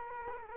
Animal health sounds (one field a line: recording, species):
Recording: mosquito wingbeat signal from an infrared sensor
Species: Culex quinquefasciatus